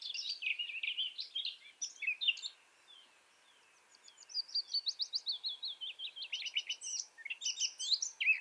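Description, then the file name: Eurasian blackcap song, fairly soft: scratchy chattering warble, a brief lull, then a long run of rapid buzzy and whistled notes. "Sylvia atricapilla"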